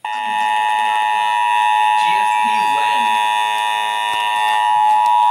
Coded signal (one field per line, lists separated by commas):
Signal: Emergency Alert System (SAME) tones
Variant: 853 and 960 Hz attention tone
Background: speech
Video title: DAVIDSON IS SUS... EAS Alerts from 10/25/21 (EAS #6,407 - 6,422)